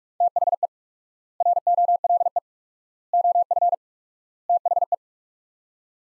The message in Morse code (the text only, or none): THE ROLE OF THE